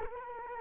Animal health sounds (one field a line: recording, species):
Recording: mosquito wingbeat signal from an infrared sensor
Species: Culex quinquefasciatus